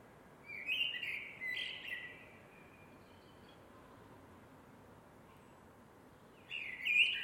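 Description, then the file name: Eurasian blackbird song: two mellow, fluted phrases with thin high tails, a quiet gap of about four seconds, then a further rich warbled phrase. "MERLES"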